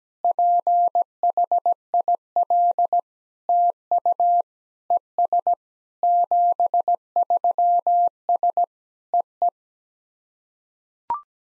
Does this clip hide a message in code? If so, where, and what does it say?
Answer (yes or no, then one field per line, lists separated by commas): yes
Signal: Morse code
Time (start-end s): 0.2-9.5 s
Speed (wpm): 17 wpm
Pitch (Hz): 700 Hz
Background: none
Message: PHIL TU ES 73S EE